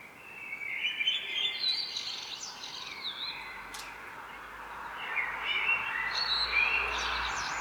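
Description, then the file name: Common blackbird song, a long run of warbled, fluty phrases with high twittering notes, continuing almost without pause over a soft background hiss. "Turdus merula"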